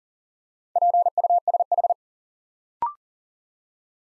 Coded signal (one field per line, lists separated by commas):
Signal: Morse code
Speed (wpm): 42 wpm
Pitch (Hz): 700 Hz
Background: none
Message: PUSH